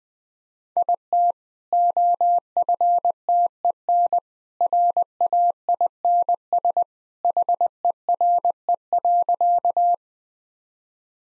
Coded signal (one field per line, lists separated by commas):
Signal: Morse code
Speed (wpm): 20 wpm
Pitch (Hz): 700 Hz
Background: none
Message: IT OFTEN RAINS HERE.